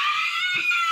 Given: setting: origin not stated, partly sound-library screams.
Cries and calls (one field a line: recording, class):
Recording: one-second piece from a danger detection set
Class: woman in danger